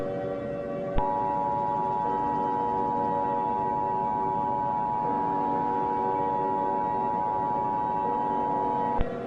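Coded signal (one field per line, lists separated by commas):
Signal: Emergency Alert System (SAME) tones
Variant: 853 and 960 Hz attention tone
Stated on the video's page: Fictional EAS scenario using EAS tones.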